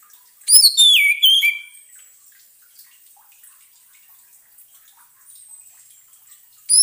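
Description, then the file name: Orange-headed thrush song: one burst of loud, varied whistled notes, then several seconds of low hiss before another phrase starts at the end. Played as a lure sound to keep a bird from getting stressed. "suara pancingan burung anis merah agar tidak stress"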